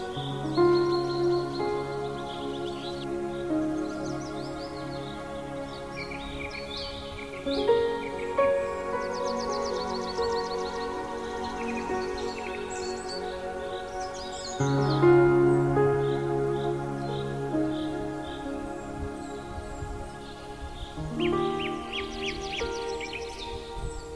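Soft piano plays slow, sustained chords that change roughly every seven seconds, with notes ringing and fading into one another. Birds chirp and twitter above the music throughout, brightest near the start, middle and end, over a quiet steady outdoor background.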